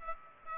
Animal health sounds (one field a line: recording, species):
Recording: mosquito wingbeat signal from an infrared sensor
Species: Aedes aegypti